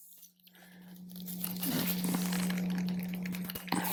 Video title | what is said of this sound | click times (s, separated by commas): Step by Step Install Hertz HMP4D-SS Amp for Soundstream Reserve HDHU14+ Radio on Harley Streetglide | plug it into you hear it snap and route it the same place we just routed that power wire | 3.7 s